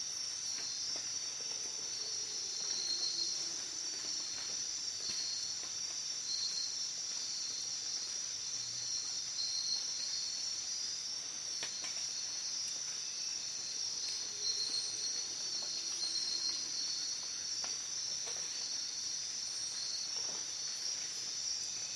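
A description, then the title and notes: A Costa Rican jungle night buzzes with a dense, unbroken insect chorus of high shrill tones, with faint low calls drifting underneath now and then. Night in the jungles of Costa Rica.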